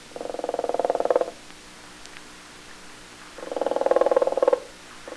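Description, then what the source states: Flamingo calls: two rapid, buzzy pulsed bursts about a second long, separated by a quiet gap, with a third burst starting at the very end. Flamingo brood.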